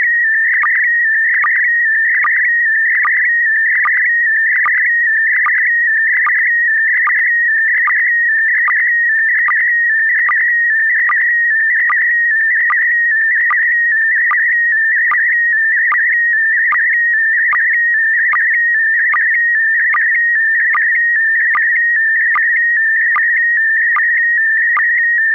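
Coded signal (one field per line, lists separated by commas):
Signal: SSTV (slow-scan television)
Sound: steady warbling whistle near 2 kHz with regular short low chirps, continuous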